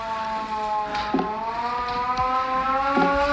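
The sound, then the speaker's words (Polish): Air raid sirens wail steadily throughout, several droning tones overlapping and slowly rising in pitch, loud and unbroken, with no voices. “Słychać alarmowe syreny.”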